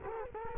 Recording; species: mosquito wingbeat signal from an infrared sensor; Culex quinquefasciatus